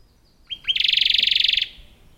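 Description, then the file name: Radde's warbler giving two short rising notes, then a fast, even trill of rich repeated notes lasting about a second before stopping abruptly. "warbler-radde -Phylloscopus-schwarzi"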